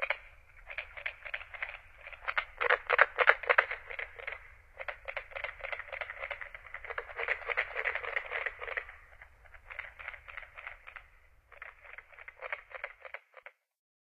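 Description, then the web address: Carpenter frog calling with rapid, woody knocking notes like hammer taps, grouped in irregular runs that swell and fade. North America. "Songs of Frogs Toads of North America. Carpenter Frog"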